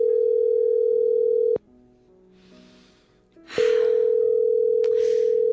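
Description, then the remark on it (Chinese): A telephone rings on the line unanswered: a loud, steady electronic ringback tone sounds for about a second and a half, pauses for two seconds with faint breathy noise, then rings again. “冇人听嘅，等我再打。”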